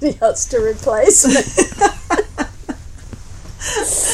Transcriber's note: laughs